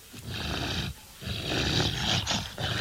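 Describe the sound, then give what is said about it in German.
Dogs snort and pant in rough, breathy bursts, with a short pause before the noisy huffing resumes and carries on steadily, no voices present. “Nimmt irgendwer die Hunde weg?”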